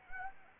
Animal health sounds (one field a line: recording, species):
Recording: mosquito wingbeat signal from an infrared sensor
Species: Anopheles arabiensis